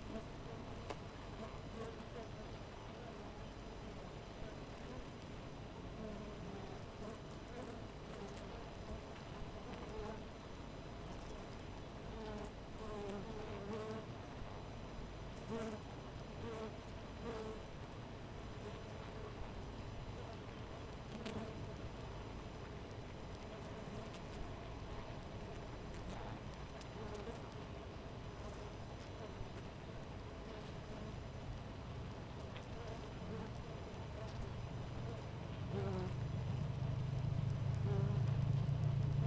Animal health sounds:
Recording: honeybee colony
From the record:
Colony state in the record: missing queen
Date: 14 July 2017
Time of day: 5:06

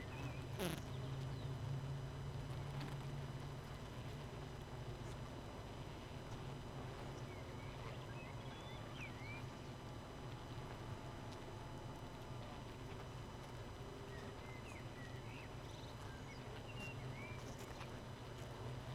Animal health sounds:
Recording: honeybee colony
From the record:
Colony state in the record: missing queen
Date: 31 May 2018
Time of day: 18:49

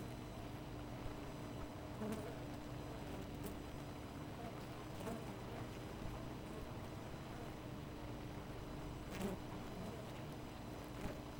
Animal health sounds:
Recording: honeybee colony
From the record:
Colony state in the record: missing queen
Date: 14 July 2017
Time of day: 4:12

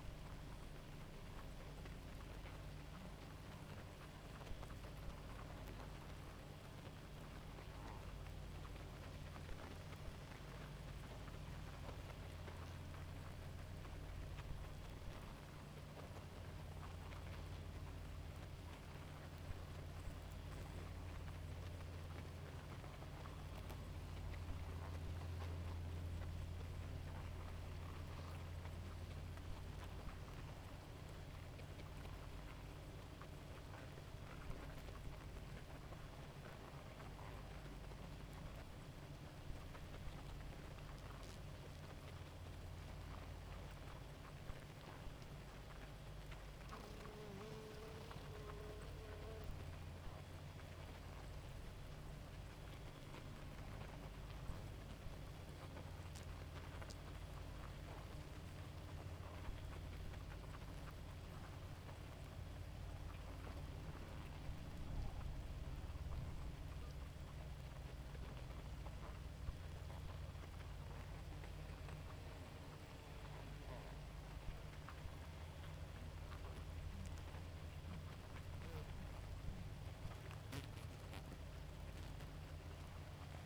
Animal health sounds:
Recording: honeybee colony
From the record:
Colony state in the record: active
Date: 28 July 2017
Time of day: 2:45

